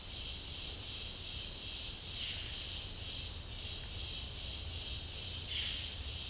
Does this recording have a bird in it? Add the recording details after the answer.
no. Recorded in dense forest near Puerto Asís, Putumayo, Colombia, on 13 March 2025 at 15:00. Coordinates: 0.485, -76.318. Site G056